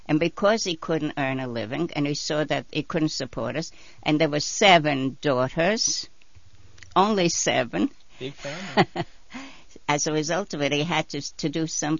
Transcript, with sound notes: And because he couldn't earn a living, and he saw that he couldn't support us, and there were seven daughters! Only seven.
Big family.
( she laughs ) As a result of it, he had to do something.